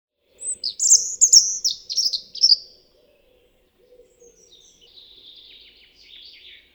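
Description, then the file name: European robin singing a loud, rapid phrase of sharp high notes, then after a gap a soft, thin, scratchy follow-on warble. "Erithacus rubecula"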